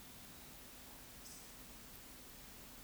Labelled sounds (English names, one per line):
Eurasian Woodcock whistle
Eurasian Woodcock croak